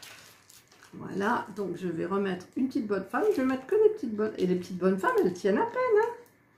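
During a diamond painting session, someone talks while handling a small plastic part, likely a lid, on a diamond painting storage box that is not yet engaged, with a few faint brief handling sounds in the first second. The part has not seated or clicked yet by the end of the clip.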